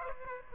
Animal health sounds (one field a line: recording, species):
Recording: mosquito wingbeat signal from an infrared sensor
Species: Aedes aegypti